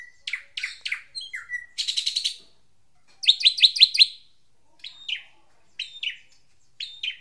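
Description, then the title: Drongo calls: a varied run of sharp chirps, harsh rasping bursts and a rapid series of metallic notes, with short downslurred whistles, all high-pitched and clear. "Suara Srigunting Di Download Dari Hobiburung"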